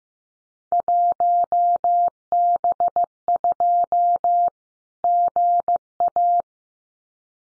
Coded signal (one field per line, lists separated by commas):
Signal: Morse code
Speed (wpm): 15 wpm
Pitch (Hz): 700 Hz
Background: none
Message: 1B2 GA